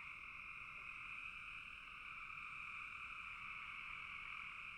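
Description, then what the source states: Frogs in a continuous chorus, a dense, steady high trilling that blends into one even drone. Frogs calling in a bog.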